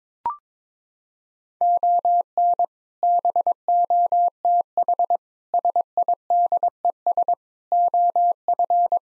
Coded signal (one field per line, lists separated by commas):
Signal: Morse code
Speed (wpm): 22 wpm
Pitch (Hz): 700 Hz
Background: none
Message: ON BOTH SIDES OF